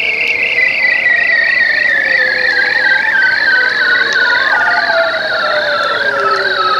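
Bearded seal trilling: long, warbling tones that waver rapidly and slowly glide downward, several overlapping in layers throughout.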